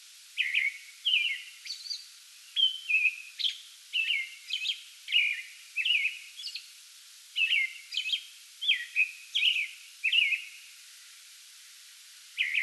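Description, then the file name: American robin song, a lively string of clear whistled phrases broken by thin high notes, with brief pauses between groups and a light hiss. Pre-dawn song bout recorded on 8 May 2022. "2022-05-08 American Robin pre-dawn song bout"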